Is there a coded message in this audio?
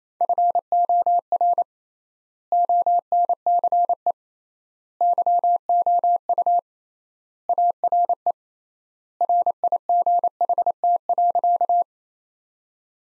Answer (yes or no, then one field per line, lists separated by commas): yes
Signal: Morse code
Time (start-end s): 0.2-11.8 s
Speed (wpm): 28 wpm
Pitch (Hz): 700 Hz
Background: none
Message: FOR ONCE YOU ARE RIGHT.